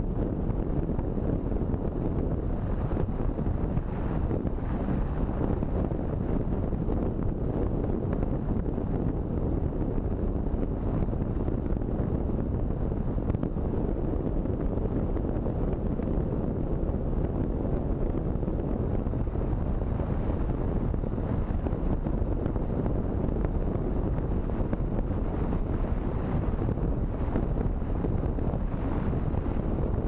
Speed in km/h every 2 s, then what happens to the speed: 47, 49, 50, 51, 51, 52, 52, 53, 53, 54, 54, 54, 54, 54, 54.
0-30 steady at about 53.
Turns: none.